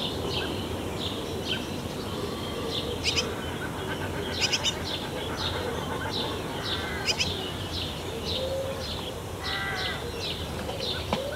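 Birds call busily around a nest box, with short bright chirps and tweets popping up every second or so, some in quick clusters near 3, 4.5 and 7 seconds. A steady low rumble and hiss run underneath throughout.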